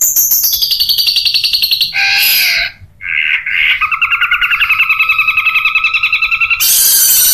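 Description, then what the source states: Long-tailed shrike song of rapid pulsed trills, a harsh rasping burst, then a long steady rattling trill that ends in a hissing, scratchy note. Masteran recording of long-tailed shrike (cendet) song for training cage birds, tembakan song style, variation 1.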